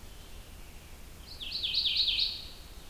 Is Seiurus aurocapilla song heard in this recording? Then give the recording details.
no. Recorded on 2 June 2016 at 07:18. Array SBT-3-7